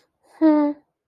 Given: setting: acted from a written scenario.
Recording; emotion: vocal sound without words; neutral